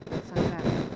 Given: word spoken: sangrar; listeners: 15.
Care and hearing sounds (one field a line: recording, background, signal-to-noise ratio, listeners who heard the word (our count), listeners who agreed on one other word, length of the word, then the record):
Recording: one Spanish word in noise, from a listening test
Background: noise modulated by one talker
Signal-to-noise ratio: -11.2 dB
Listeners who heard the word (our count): 0 of 15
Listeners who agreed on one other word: 8 of 15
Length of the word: 0.56 s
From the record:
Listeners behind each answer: 8, 1, 1, 1, 1, 1, 1, 1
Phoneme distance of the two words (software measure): 24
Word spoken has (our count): 2 syllables, 7 phonemes, stress on syllable 2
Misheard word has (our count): 2 syllables, 5 phonemes, stress on syllable 2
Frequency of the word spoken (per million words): 1.46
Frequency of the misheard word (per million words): 54.96